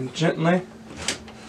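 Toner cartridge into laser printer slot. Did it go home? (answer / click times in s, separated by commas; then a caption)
yes / 1.1 s. A plastic toner cartridge is slid all the way into the slot of an HP M551 laser printer while someone talks. A sharp click at 1.1 s shows the cartridge seating down into place.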